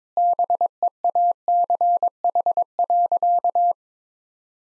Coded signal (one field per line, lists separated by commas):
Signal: Morse code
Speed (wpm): 22 wpm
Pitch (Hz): 700 Hz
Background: none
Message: BEACH.